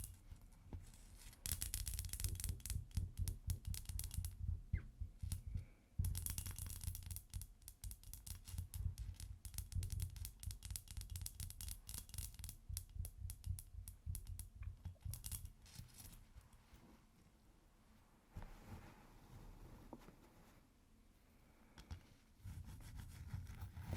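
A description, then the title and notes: Ice being tapped and scratched in dense bursts of quick, crisp clicks and rasps, heaviest from about 1 to 16 seconds with a brief pause near 6 seconds. After that the scratching thins and softens, with a low rumble underneath throughout. ASMR Ice Tapping & Scratching (No Talking).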